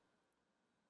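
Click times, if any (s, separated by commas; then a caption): none. A tiny tri-lobe screw that holds the battery in a Mid-2012 MacBook Pro is being handled at its threaded hole in the laptop case, where it is turned backwards (counterclockwise) to find the thread's start before being driven forwards. Only faint, steady low-level noise is heard, with no distinct click. Nothing has clicked or seated yet.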